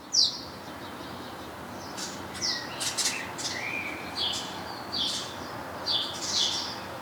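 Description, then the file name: House sparrow giving scattered, irregularly spaced chirps, with background noise throughout. "Passer domesticus"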